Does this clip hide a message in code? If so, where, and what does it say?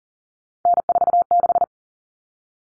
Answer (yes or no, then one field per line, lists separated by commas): yes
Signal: Morse code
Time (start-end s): 0.7-1.6 s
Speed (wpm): 40 wpm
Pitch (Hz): 700 Hz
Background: none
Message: N46